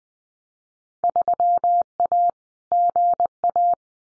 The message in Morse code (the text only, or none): 3A GA